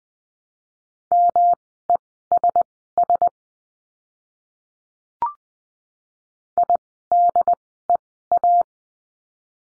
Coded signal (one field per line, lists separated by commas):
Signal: Morse code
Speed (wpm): 20 wpm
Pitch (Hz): 700 Hz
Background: none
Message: MESS IDEA